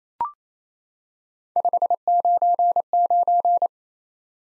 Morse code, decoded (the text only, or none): 599